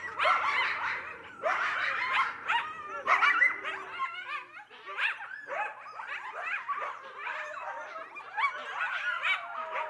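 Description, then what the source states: Coyote pack yip-howling in choppy bursts, sharp yelps and short quavering howls tumbling over each other, with brief dips between bouts. A pack of coyotes howling together.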